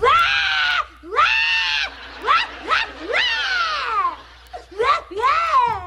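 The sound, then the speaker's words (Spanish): Exaggerated, theatrical crying over the end of the vacation: a loud, high-pitched voice wails in about six drawn-out bursts, each swooping up and sagging down in pitch, with brief gasping gaps between sobs. “¿Pero por qué estás llorando, mija?”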